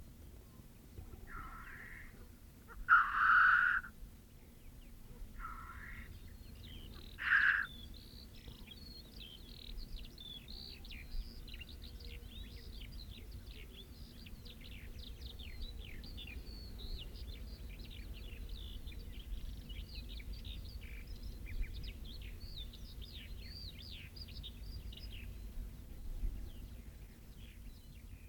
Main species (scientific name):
Lyrurus tetrix